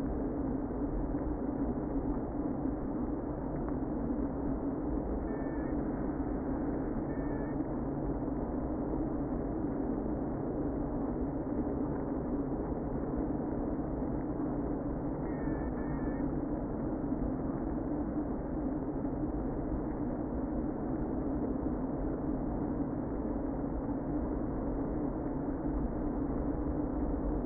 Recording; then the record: honeybee colony, microphone inside the hive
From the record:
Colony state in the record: queen present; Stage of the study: before two queens were removed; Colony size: about 60,000 bees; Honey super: yes